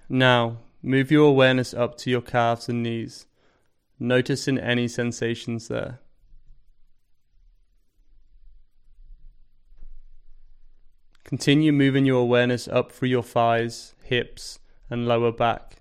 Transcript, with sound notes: Now move your awareness up to your calves and knees, noticing any sensations there. [Pause 5 seconds] Continue moving your awareness up through your thighs, hips, and lower back.